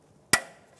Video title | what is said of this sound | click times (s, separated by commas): How to Replace Exhaust Manifold 1992-1996 Ford F-150 | that connects to that little ball, and it will snap right in, just like that. | 0.3 s